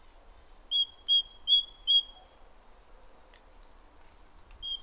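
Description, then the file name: Great tit song, several clear two-note phrases at an even quick pace, then a pause and faint high notes. "Parus major"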